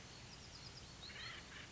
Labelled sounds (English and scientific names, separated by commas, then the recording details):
Acorn Woodpecker (Melanerpes formicivorus)
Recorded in Sonoma County, California